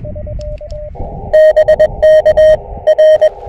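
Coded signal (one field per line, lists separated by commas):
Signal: Morse code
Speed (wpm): 21 wpm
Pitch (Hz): 620 Hz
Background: radio noise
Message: BK R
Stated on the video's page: Summits On The Air activations on two summits.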